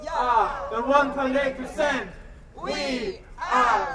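Loud, strained shouting through a megaphone by a member of the NGO Campact at a satirical cheering protest about the financial transaction tax, where about two dozen people dressed as bankers and lobbyists, delivered in emphatic bursts with short pauses, with a crowd cheering in response.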